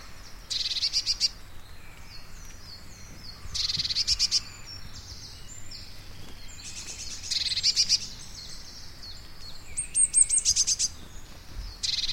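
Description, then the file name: Blue tit uttering bursts of fast, high, stuttering notes every few seconds, with softer twitters between them. Recorded at Everdon Stubbs in March 2019. "Blue tit Everdon Stubbs 0319"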